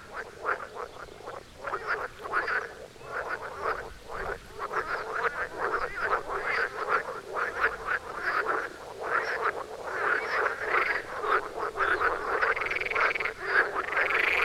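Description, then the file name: Frogs calling in a dense chorus, overlapping croaks and rattles, with arching whistled notes toward the end. "toms frogs for wilson"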